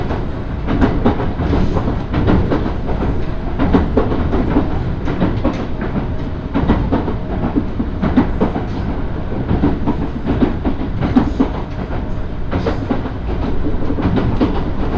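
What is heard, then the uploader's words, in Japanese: A Yoro Railway train runs steadily along its line, a dense low rumble filling the whole stretch with little change in level. Frequent sharp rattles and knocks of the wheels and car body break through, and brief high whistling tones recur every second or two. 養老鉄道 揖斐→大垣→養老。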